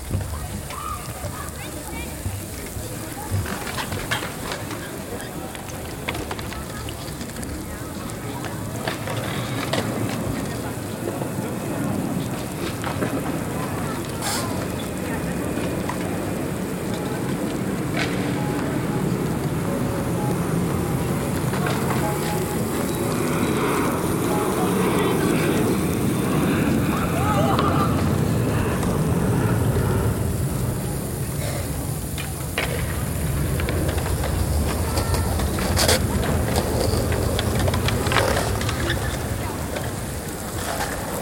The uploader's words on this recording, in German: Die Soundscape vom Befreiungsdenkmal am Landhausplatz in Innsbruck.